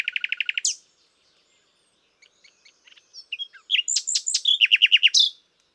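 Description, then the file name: Common nightingale song opening with a fast even rattle of repeated notes, soft scattered ticks, then loud sweeping chirps and a rapid repeated series. "Luscinia megarhynchos"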